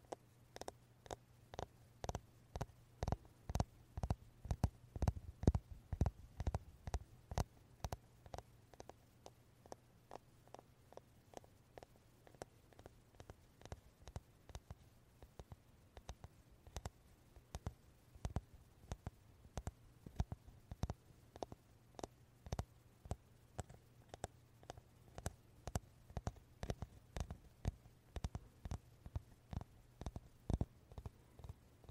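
A wooden brush taps in steady, fairly quick bursts with brief pauses, each tap crisp and bright, over a faint low hum throughout.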